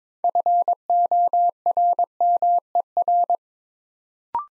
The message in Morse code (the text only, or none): FORMER